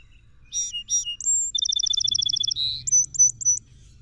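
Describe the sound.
Song sparrow singing: a pair of clipped opening notes, a thin whistle, a fast steady trill, a short buzz, then several crisp high notes at the end over a faint low hum.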